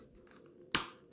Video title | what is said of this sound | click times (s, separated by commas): Bionic Trimmer Review: Bell and Howell TV trimmer put to the test. Bionic Trimmer Review [33] | the guard goes on this way it just clips on and will snap into place you heard it | 0.8 s